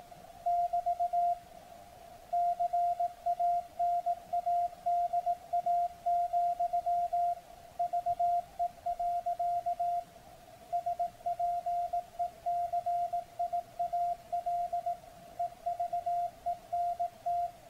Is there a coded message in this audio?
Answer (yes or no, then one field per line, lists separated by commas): yes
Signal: Morse code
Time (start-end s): 0.5-17.5 s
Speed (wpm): 18 wpm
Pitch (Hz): 700 Hz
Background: none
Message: <BT> CANADA, VE. SPECIAL EVENT